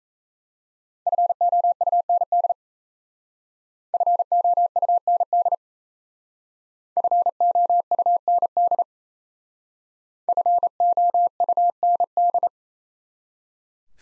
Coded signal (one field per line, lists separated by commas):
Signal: Morse code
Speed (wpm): 36 wpm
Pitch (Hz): 700 Hz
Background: none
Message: FOUND FOUND FOUND FOUND